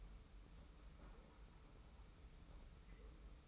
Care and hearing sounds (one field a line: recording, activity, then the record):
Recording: daily activity, microphone in the room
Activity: take from stove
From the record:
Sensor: 1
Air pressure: 990.9 hPa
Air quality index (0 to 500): 91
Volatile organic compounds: 33 ppm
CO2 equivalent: 3012 ppm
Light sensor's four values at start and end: 36/117/46/47 and 36/117/46/47